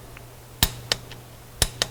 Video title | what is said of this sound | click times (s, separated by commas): Dodge Durango : Transmission Filter & Fluid Change | I hope you can hear the torque wrench click. | 1.6 s